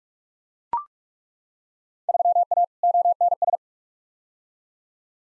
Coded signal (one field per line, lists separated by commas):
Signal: Morse code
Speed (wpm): 42 wpm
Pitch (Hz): 700 Hz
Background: none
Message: 3A ONS